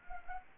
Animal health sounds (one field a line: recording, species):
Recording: mosquito wingbeat signal from an infrared sensor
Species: Anopheles arabiensis